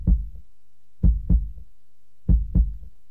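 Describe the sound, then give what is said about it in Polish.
A human heartbeat thuds in clear lub-dub pairs, low and booming, repeating steadily about three times with short silent gaps between beats. No voices are heard. “Tak bije serce ….”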